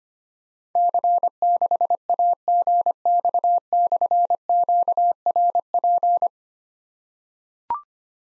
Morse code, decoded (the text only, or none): C6AGX/QRP